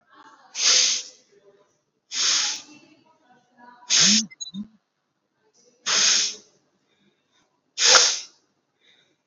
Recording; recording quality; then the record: deep breathing; excellent, no background noise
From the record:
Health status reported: exposed to COVID-19, no respiratory illness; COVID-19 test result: negative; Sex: female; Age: 29 years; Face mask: worn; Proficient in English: yes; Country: India